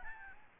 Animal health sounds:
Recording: mosquito wingbeat signal from an infrared sensor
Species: Aedes albopictus

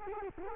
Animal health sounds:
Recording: mosquito wingbeat signal from an infrared sensor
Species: Culex quinquefasciatus

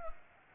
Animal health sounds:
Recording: mosquito wingbeat signal from an infrared sensor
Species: Culex pipiens

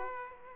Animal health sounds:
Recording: mosquito wingbeat signal from an infrared sensor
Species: Aedes aegypti

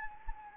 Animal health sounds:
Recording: mosquito wingbeat signal from an infrared sensor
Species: Anopheles gambiae

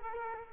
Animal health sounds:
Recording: mosquito wingbeat signal from an infrared sensor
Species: Culex quinquefasciatus

